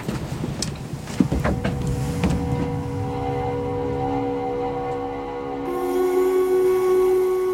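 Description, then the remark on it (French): A few sharp metallic clanks and knocks as a boat weighs anchor give way to its engine turning over and settling into a steady, droning hum that rises slightly in pitch and loudness toward the end. “Mets le moteur, on lève l'ancre.”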